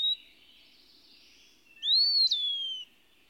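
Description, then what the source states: Eastern Wood Pewee song: a high whistled slur that rises, then falls away, following a brief earlier whistle. Pensive, almost pathetic note heard everywhere in the forest solitudes; described by nineteenth-century naturalist John Burroughs.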